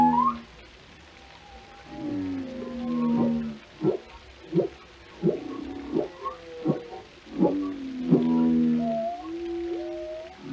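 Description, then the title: Whale vocalizations, a run of short pulsed grunts mixed with sustained harmonic moans and higher tonal whistles. "Journey to the Depths: Discovering the World of Whales"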